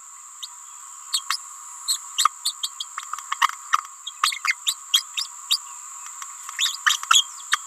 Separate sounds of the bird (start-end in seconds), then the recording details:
0.42-0.47, 1.12-1.21, 1.29-1.37, 1.88-1.98, 2.17-2.29, 2.45-2.54, 2.63-2.70, 2.80-2.85, 4.06-4.11, 4.22-4.41, 4.44-4.54, 4.65-4.75, 4.93-5.02, 5.16-5.27, 5.49-5.58, 6.58-6.77, 6.85-6.99, 7.09-7.29, 7.51-7.58. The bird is a female. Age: 28 days. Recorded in a nest box in Venezuela. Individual 17B31A3